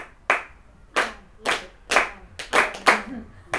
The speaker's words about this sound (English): Now, when you clap in a classroom, don't do this because you're gonna hurt your hand. So you do here and inside. So you see how it sounds, right? And it's easy to play. So 1, 2, 3, and 5.